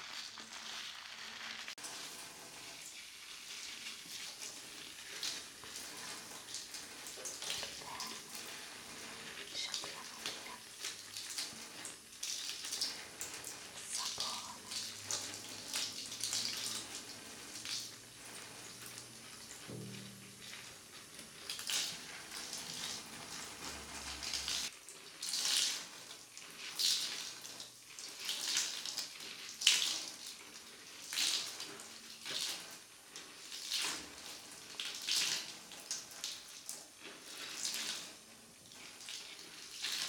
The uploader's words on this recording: ASMR Shampoo and Head Massage Roleplay.